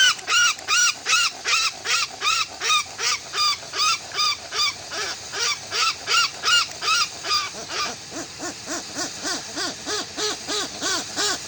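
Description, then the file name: Westland petrel call series: steady, evenly spaced cackling notes with bright upper tones, roughly two or three per second. "westland black petrel song"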